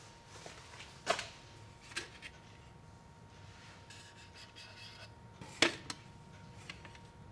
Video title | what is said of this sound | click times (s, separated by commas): Prepping Challenges Adding To Prepper Pantry Food Stockpile - Rat Infestations | press the set arm with your foot or hand and you can hear it click | 5.6 s